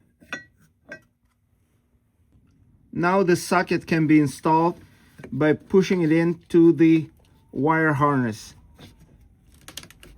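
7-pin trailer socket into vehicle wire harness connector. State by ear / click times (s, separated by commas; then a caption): seated / 9.8 s. A 7-pin trailer socket is pushed into the plastic wire-harness connector on a Porsche Macan while someone talks. Two sharp taps sound near the start, and a cluster of small plastic ticks around 9.6–10.0 s includes the latching click at 9.8 s as the socket seats fully in the harness.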